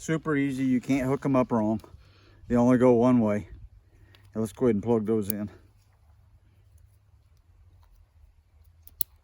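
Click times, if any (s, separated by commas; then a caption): 8.9 s, 9.0 s. Someone talks about plugging in solar panel cable connectors, MC4-style plastic connectors, then pushes one into its mating extension connector for a 100 watt solar panel setup on a Grecell T-500 power station. After a quiet stretch, two sharp snaps are heard at 8.9 s and 9.0 s. The connectors are seated and locked together.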